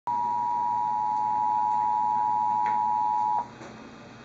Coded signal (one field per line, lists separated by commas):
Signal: Emergency Alert System (SAME) tones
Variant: 853 and 960 Hz attention tone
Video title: Child Abduction Emergency (EAS #573)